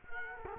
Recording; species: mosquito wingbeat signal from an infrared sensor; Culex quinquefasciatus